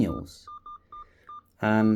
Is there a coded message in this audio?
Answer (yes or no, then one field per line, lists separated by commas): no